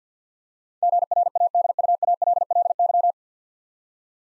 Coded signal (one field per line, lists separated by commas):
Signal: Morse code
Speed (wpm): 50 wpm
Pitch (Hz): 700 Hz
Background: none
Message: GRADUALLY